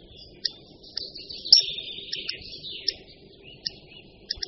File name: Dlask-tlustozobý